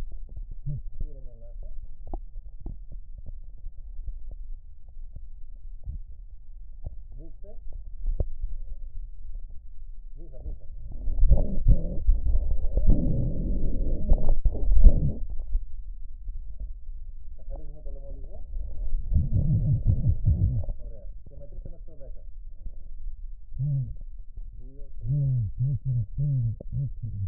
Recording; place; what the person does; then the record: lung sounds by stethoscope; right posterior basal chest; quiet breathing, then cough and speech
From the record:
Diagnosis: pulmonary infection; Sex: male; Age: 74 years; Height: 171 cm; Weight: 80 kg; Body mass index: 27.4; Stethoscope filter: extended mode